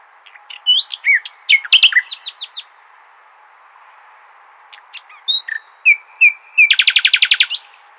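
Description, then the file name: Common nightingale song: a phrase of rapid varied chirps, a silent gap, then short whistles leading into a fast, regular rattle of repeated notes. "Luscinia megarhynchos"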